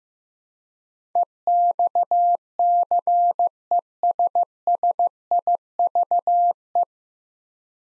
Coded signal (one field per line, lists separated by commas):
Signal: Morse code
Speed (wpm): 16 wpm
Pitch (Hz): 700 Hz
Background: none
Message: EXCESSIVE